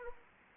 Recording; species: mosquito wingbeat signal from an infrared sensor; Anopheles arabiensis